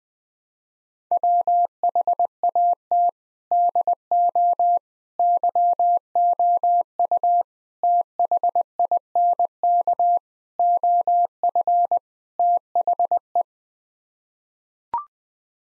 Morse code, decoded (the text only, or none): WHAT DO YOU THINK OF THE